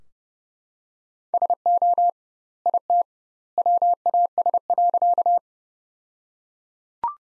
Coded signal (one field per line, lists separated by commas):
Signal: Morse code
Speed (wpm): 31 wpm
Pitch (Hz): 700 Hz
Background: none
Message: SO IT WAS.